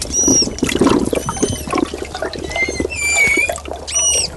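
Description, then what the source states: Manatee chirps: shrill harmonic squeaks, some flat and drawn out, others arched, scattered throughout over gurgling, trickling water. Frightened manatee.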